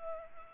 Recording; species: mosquito wingbeat signal from an infrared sensor; Culex pipiens